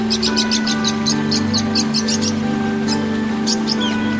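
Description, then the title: Oriental magpie-robin giving a quick string of high, clipped chirps followed by a few sliding squeaky notes, against a steady droning hum. "Kicau Kacer"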